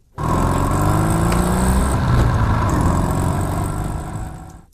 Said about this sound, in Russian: Бросил сверток в люльку, передернулся еще раз и завел мотоцикл.